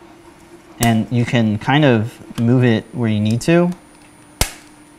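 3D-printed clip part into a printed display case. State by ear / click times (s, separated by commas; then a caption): seated / 4.4 s. A small 3D-printed piece with two little nubs is oriented, moved into position and pushed into a 3D-printed display case while someone talks. After the talk stops, a single sharp snap sounds at 4.4 s as the part clips in and seats, and the case is then checked to make sure it did not break.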